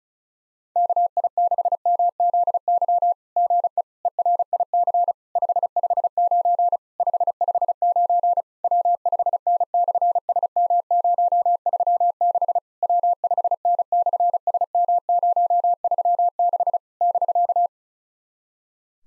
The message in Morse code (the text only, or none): KI6MZY GE ERIC 559 559 W5N/SM036 W5N/SM036 <BK>